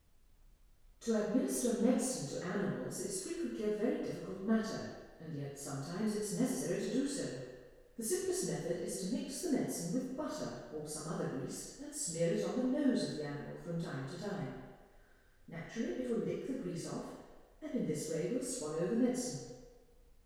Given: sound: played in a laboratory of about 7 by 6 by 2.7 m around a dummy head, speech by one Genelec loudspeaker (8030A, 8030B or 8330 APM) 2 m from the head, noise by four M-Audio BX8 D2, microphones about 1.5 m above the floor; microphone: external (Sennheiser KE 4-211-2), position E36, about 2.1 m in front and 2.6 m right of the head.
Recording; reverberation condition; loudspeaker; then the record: female speech in English; high; 30 degrees to the right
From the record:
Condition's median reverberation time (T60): about 1300 ms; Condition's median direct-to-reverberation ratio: about -4.0 dB